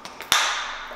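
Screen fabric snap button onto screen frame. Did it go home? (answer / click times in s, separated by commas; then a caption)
yes / 0.3 s. A snap button on the fabric of a Screen Innovations ultra short throw projector screen is pulled up over the edge of the screen frame. After two faint taps, a sharp snap at 0.3 s marks the button fastening onto the frame, followed by a fading high-pitched ring. The button is seated.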